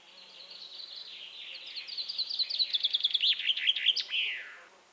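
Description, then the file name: Common chaffinch song, a cascading trill of clipped notes gathering volume before a final emphatic twist, with faint background hiss. "Fringilla coelebs"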